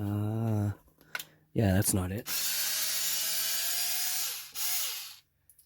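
Someone talks while a screw is driven with a power driver into a plastic body mount on a Kyosho Mad Van RC car, the driver whirring steadily from about 2.3 to 4.3 seconds and again briefly from 4.6 to 5.2 seconds. A small click follows at 5.5 seconds as the screw strips the plastic thread.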